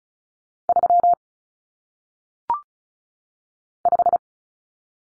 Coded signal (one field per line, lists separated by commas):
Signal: Morse code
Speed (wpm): 36 wpm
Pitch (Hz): 700 Hz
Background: none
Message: 3 5